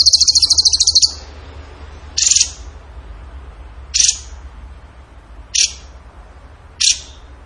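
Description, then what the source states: Bird with a brief rapid trill, then four single sharp high chips spaced more than a second apart. Masteran (training recording) of bird song in the tembakan gacor style.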